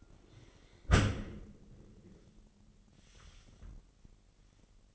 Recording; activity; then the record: daily activity, microphone in the room; close dishwasher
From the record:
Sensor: 4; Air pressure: 999.2 hPa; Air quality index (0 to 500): 120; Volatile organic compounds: 2 ppm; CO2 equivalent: 1180 ppm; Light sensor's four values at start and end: 9/23/9/10 and 9/23/9/10